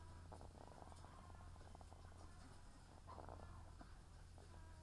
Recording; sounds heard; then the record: poultry house recording; sick chickens (respiratory disease)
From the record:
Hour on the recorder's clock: 17